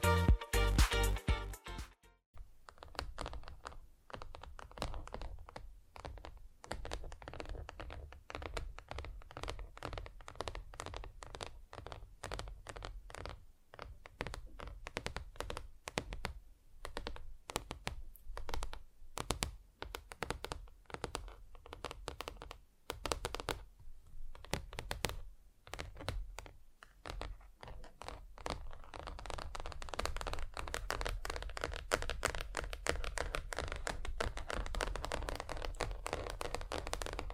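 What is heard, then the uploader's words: Rapid tapping on different surfaces, a dense run of quick clicks and knocks that sounds much like typing on a keyboard. A brighter, louder burst opens the first two seconds, then steady fast taps continue, growing denser and brighter after about 28 seconds. ASMR Just Tapping (Different Surfaces No Talking).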